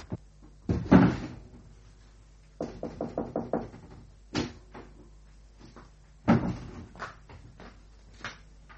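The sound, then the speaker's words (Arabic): A door is handled roughly, opened and shut with several wooden thumps and rattles, including a quick run of knock-like clatters, in irregular bursts with no voices, as people hurry out through another door. “يلا يلا يلا فينا نزوز ونخرج أوام من الباب التاني.”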